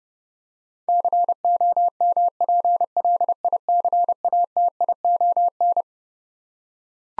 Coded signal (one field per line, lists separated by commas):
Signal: Morse code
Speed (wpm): 30 wpm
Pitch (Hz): 700 Hz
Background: none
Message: COMPLICATION